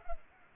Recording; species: mosquito wingbeat signal from an infrared sensor; Culex pipiens